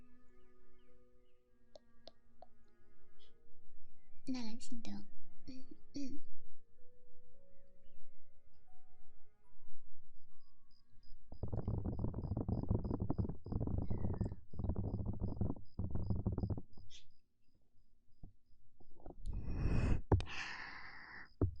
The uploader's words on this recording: ASMR Ear Eating Instant Tingles.